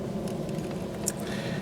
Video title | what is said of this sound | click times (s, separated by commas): How to Install a Wireless Backup camera install in Subaru Impreza | It'll click into that first notch like that. | 1.1 s